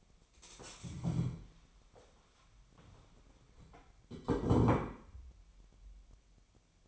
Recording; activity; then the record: daily activity, microphone in the room; stand up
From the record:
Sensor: 1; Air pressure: 1015.2 hPa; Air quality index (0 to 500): 157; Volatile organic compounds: 9 ppm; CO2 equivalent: 2176 ppm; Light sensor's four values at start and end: 12/30/12/13 and 12/30/12/13